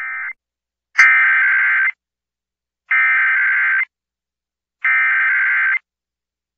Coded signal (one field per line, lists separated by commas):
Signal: Emergency Alert System (SAME) tones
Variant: header bursts